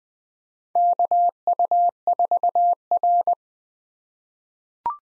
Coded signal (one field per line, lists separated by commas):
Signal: Morse code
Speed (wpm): 20 wpm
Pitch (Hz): 700 Hz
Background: none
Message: KU4R